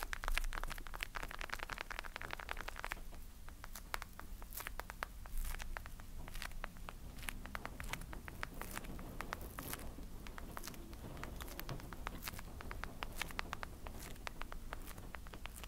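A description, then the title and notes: Tapping and scratching run for the whole stretch: dense, irregular clicks and taps, some bright and sharp, over a rough scraping texture. A low, steady rumble sits underneath. The first three seconds sound busier and brighter before the tapping settles into an even, continuous patter. Tapping & Scratching.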